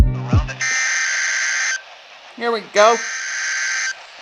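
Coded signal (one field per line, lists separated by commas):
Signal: Emergency Alert System (SAME) tones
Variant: header bursts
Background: speech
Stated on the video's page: Required weekly tests.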